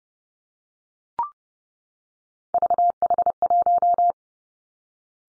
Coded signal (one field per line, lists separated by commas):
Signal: Morse code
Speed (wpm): 30 wpm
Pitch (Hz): 700 Hz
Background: none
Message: VH1